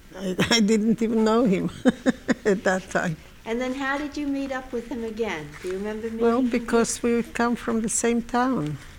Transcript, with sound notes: I didn't even know him at that time. ( she laughs )
And then how did you meet up with him again? Do you remember meeting him?
Well, because we come from the same town.